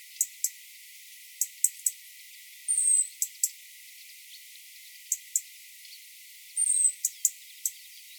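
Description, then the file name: European robin calling with sharp clicking ticks in small clusters and two thin, high drawn-out whistles. "Erithacus rubecula"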